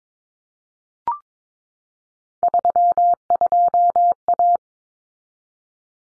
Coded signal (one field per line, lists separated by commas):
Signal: Morse code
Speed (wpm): 22 wpm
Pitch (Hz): 700 Hz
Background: none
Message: 32A